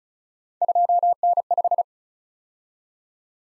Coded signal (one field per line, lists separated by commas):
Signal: Morse code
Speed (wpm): 36 wpm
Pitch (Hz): 700 Hz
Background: none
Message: 2N5